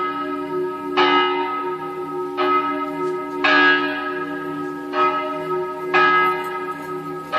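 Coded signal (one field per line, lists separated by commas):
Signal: bell signal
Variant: distesa, single swinging bell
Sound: a single swinging church bell struck about five times, each stroke ringing on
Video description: distesa della mezzana per l'Angelus feriale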